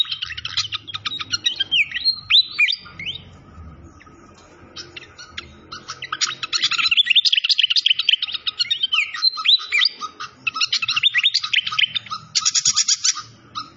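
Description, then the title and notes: Malaysian pied fantail song in energetic bursts of rapid chirps and sweeping whistles, with a low rumbling background that fades partway through. Training (masteran) recording of clear-voiced song mixed with the sound of trickling water. "Masteran Sikatan Kipas Suara Jernih Dan Suara Gemericik Air. Suara Burung Sikatan Londo"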